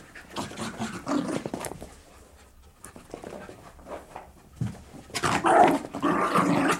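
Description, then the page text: Dog growling in noisy bursts, quieter in the middle, then a louder flurry near the end. Jack Russell/Corgi cross indoors, leaping around playing and barking. "Sound Effects-BBC. Jack Russell/Corgi cross, interior, leaping around playing & barking, loud barking"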